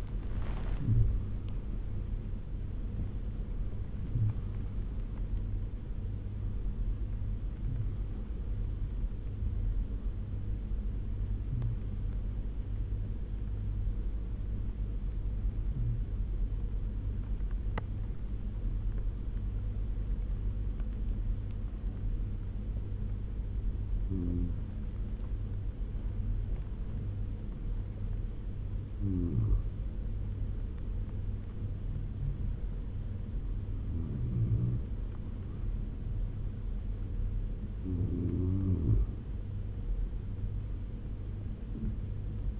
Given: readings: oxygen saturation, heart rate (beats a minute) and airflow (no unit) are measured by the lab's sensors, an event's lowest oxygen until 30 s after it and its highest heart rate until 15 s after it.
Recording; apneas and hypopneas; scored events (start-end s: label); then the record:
breathing in sleep by a smartphone at the bedside; 1
0.00-11.00 s: awake
10.00-42.60 s: new sleep stage, N1 (lightest sleep)
19.00-33.00 s: hypopnea (N1, oxygen 97% highest, then 95% lowest, heart rate 79 at the start, 80 highest)
From the record:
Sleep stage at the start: awake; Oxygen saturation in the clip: 93 to 98%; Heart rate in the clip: 71 to 107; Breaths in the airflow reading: 10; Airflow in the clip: -10.6 to 12.0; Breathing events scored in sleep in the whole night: 201 in 6.5 hours asleep